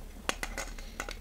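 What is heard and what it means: The back lid of a Smena film camera is pressed closed onto the plastic camera body and snaps into place at 0.3 s, fitting very tightly. Several smaller clicks and light clatters follow through the rest of the clip.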